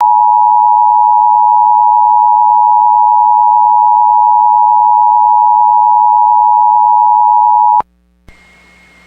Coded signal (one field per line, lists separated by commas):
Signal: Emergency Alert System (SAME) tones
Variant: 853 and 960 Hz attention tone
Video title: EAS 128 at Tue Jul 08 2025 5:00:01 PM